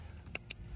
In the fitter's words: nice good solid click